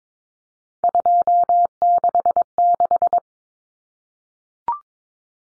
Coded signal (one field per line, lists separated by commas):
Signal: Morse code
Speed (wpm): 22 wpm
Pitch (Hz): 700 Hz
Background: none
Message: 266